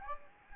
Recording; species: mosquito wingbeat signal from an infrared sensor; Anopheles gambiae